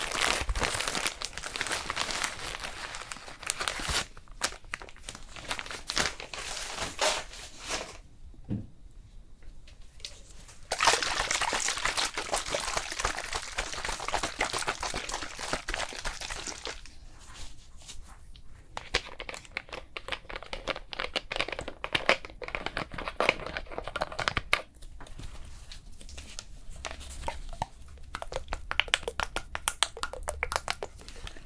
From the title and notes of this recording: ASMR After Sun Facial Care Cooling SPA Treatment (Layered + No Talking).